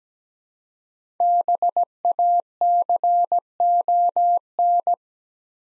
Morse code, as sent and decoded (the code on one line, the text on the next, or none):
-... .- -.-. --- -.
BACON